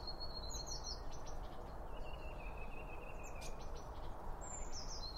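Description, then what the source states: Birds giving high chirps and a long level thin whistle, with more chirps at the end, over steady low background noise. Birds around a bird feeder, recorded with two OM 1 microphones from Line Audio.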